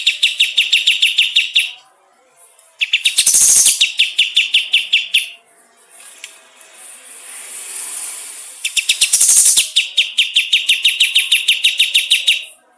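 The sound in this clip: Bulbul song: long runs of fast, evenly repeated high chirps, broken by gaps and two loud harsh rattling bursts.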